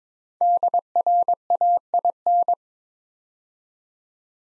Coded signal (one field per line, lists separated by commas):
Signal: Morse code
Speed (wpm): 22 wpm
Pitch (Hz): 700 Hz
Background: none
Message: DRAIN